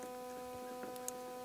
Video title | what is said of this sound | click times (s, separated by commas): DIY 40 x 60 Pole Barn Build with steel trusses adding Solar powered lights to our barn (part 2) | i don't know if you heard that but i heard it click | 1.0 s, 1.1 s